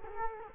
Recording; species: mosquito wingbeat signal from an infrared sensor; Culex quinquefasciatus